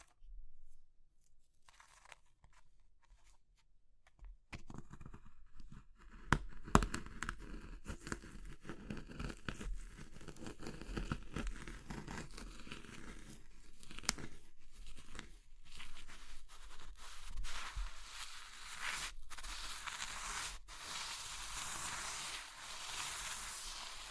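Brittle crushing of something like soap, chalk or meringue, starting after about four seconds of near silence. Dense crunching and crumbling continues with sharp snaps, a loud crack near seven seconds, and a brighter, hissing grind building toward the end.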